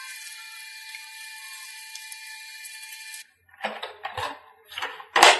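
A part of an FMS 1400mm Kingfisher RC plane is pressed into the fuselage on the other side. A steady high tonal whine with harmonics runs for the first 3.2 seconds, then drops out, followed by a few soft handling rustles and knocks. A sharp, loud snap at 5.2 s marks the part seating firmly in place.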